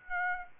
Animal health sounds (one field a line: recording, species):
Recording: mosquito wingbeat signal from an infrared sensor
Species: Aedes aegypti